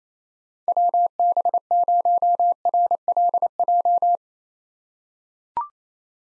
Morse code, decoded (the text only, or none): WB0RLJ